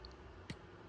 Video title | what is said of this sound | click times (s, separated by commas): Meso Customs 4th Gen Tacoma Ultimate Map Light Installation WITHOUT DRILLING HOLES Guide | I don't know if you got that heard that on camera, but it's just an ever so slight click because that tab gets over that little | 0.5 s